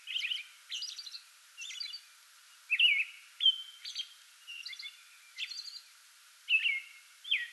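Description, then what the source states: American robin song: clear, short warbled phrases given in a steady series with short gaps between them. Singing pre-dawn from a small tree in a front yard, 2022-05-08.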